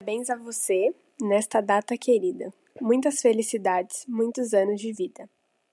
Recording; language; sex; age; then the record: short text; Brazilian Portuguese; female; 18 to 19 years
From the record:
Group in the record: control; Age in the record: 18 years